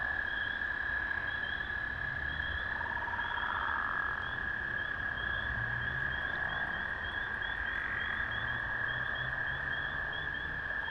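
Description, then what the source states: Amphibians trilling together in an unbroken high drone, with repeated pulsed notes above and a short rattle early on. Recorded at a valley pond, 05/03/2020.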